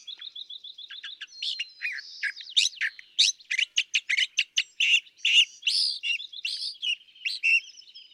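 California thrasher sings a soft repeated trill, then a long run of loud, rough, varied notes and squeaky phrases without pause.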